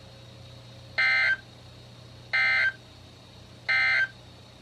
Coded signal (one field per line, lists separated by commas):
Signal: Emergency Alert System (SAME) tones